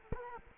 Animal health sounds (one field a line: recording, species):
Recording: mosquito wingbeat signal from an infrared sensor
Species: Culex quinquefasciatus